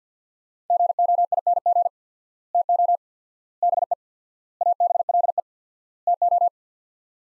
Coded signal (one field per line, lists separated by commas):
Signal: Morse code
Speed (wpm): 50 wpm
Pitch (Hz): 700 Hz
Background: none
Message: GOING TO BE ABLE TO